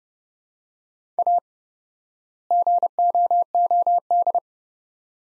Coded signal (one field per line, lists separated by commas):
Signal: Morse code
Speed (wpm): 30 wpm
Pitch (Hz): 700 Hz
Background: none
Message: A GOOD